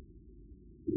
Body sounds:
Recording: neck accelerometer signal played as sound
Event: no cough (speech, laughter, throat clearing or background)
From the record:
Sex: male

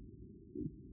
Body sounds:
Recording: neck accelerometer signal played as sound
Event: no cough (speech, laughter, throat clearing or background)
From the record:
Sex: male

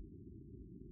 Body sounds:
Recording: neck accelerometer signal played as sound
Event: no cough (speech, laughter, throat clearing or background)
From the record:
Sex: male

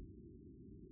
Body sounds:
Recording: neck accelerometer signal played as sound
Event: no cough (speech, laughter, throat clearing or background)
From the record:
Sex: male

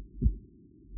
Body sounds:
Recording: neck accelerometer signal played as sound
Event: no cough (speech, laughter, throat clearing or background)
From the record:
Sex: female

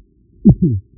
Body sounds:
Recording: neck accelerometer signal played as sound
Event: voluntary cough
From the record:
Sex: male

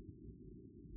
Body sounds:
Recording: neck accelerometer signal played as sound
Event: no cough (speech, laughter, throat clearing or background)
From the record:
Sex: male

